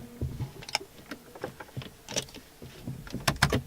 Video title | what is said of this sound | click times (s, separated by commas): BMW Alcantara Shift Boot DIY (E90, 91, 92, 93) | clicks so two clicks and | 0.8 s, 3.3 s